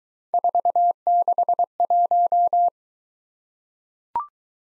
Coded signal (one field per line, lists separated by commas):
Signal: Morse code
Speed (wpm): 22 wpm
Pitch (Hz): 700 Hz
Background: none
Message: 461